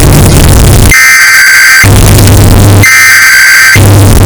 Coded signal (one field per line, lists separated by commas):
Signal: Emergency Alert System (SAME) tones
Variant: header bursts